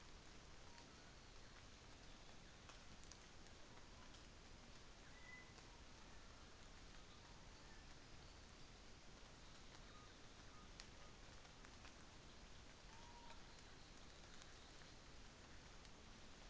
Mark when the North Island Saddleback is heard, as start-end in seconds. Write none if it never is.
none